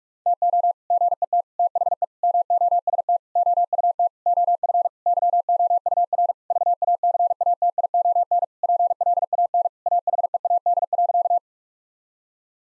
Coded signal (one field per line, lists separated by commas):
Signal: Morse code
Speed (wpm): 46 wpm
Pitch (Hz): 700 Hz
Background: none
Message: TO GET THE MOST OUT OF YOUR VACATION PLAN AHEAD.